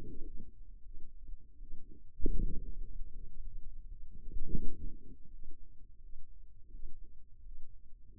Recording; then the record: forearm muscle sounds (acoustic myography)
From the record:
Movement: wrist flexion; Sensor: system 2, bracelet of six BSWA MPA416 microphones around the upper forearm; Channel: 3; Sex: female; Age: 23 years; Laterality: right